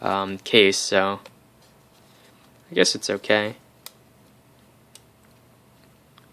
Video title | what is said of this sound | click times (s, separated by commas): Gameboy Advance SP Shell Replacement | it is a shame that doesn't snap shut like the original but anyway | none